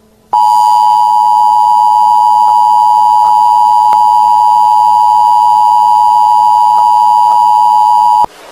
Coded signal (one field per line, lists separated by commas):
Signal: Emergency Alert System (SAME) tones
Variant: 853 and 960 Hz attention tone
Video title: EAS | Car Crashing